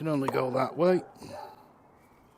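A plastic shaft section with two metal prongs is being lined up with its socket in the motor housing of an electric weed sweeper, after checking which way round it goes. A man talks briefly, then there is a faint handling rustle and quiet. Nothing has seated or clicked yet.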